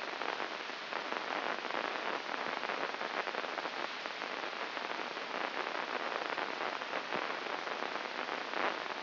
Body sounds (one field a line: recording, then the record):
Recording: brain microelectrode recording played as sound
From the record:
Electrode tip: inside the subthalamic nucleus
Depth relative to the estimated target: -2 mm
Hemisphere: left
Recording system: AlphaMap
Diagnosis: Parkinson's disease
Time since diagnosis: 24 years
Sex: female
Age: 57 years